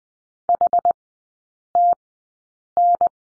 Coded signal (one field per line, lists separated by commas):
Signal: Morse code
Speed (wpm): 20 wpm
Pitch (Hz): 700 Hz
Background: none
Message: HTN